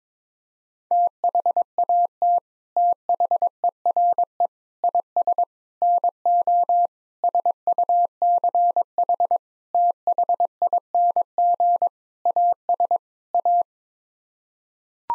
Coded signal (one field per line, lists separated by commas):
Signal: Morse code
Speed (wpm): 22 wpm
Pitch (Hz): 700 Hz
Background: none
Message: THAT THERE IS NO SUCH THING AS A